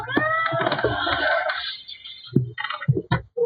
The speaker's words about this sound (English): What? Meow?